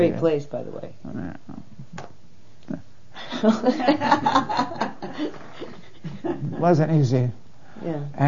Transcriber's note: laughs